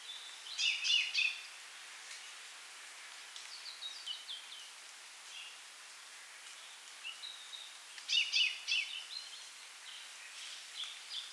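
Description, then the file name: Common chaffinch: a cluster of sharp, high notes near the start and another about eight seconds in, with faint thin notes scattered between over steady background hiss. "Fringilla coelebs"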